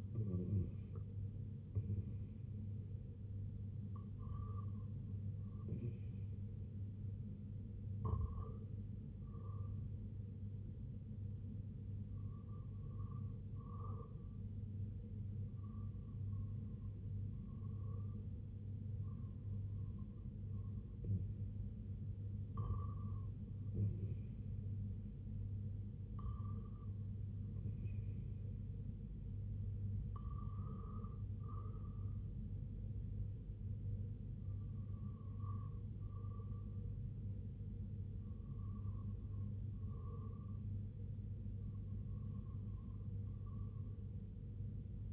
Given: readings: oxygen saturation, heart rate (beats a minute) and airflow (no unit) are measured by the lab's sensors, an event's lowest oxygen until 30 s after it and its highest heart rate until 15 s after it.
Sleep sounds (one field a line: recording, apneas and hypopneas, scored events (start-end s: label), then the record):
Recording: breathing in sleep by a smartphone at the bedside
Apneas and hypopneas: none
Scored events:
none scored
From the record:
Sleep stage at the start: REM sleep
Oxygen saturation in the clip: 95 to 97%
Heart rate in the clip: 70 to 79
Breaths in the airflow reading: 6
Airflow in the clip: -4.9 to 2.7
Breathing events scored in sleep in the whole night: 258 in 7.4 hours asleep